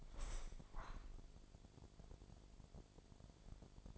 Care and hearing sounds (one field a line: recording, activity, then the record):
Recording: daily activity, microphone in the room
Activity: open window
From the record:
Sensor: 5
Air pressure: 1006.7 hPa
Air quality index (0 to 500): 188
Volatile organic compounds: 5 ppm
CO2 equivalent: 1795 ppm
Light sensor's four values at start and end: 56/160/62/63 and 56/161/62/63